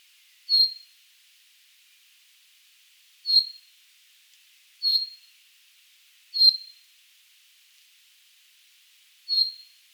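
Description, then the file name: Common chaffinch giving five brief, bright single-note calls at uneven gaps of one to three seconds. "Fringilla coelebs"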